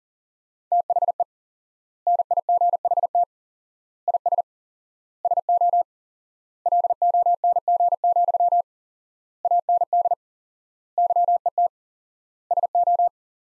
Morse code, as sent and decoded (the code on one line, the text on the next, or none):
- .... . / -. .. --. .... - / .. ... / ... --- / .-.. --- -. --. --..-- / .- -. -.. / -.-- . - / ... ---
THE NIGHT IS SO LONG, AND YET SO